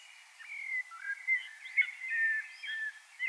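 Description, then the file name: Common blackbird warbling almost without a break, fluty whistled notes sliding up and down, with soft hiss behind. "Turdus merula"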